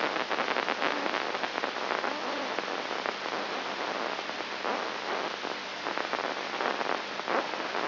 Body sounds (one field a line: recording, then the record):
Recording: brain microelectrode recording played as sound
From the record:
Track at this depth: inside the subthalamic nucleus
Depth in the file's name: 1.704 mm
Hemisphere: left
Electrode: 3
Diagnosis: Parkinson's disease